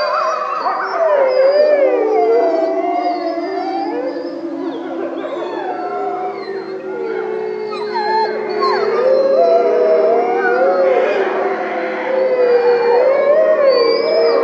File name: Frisson de Minuit Cris de Loups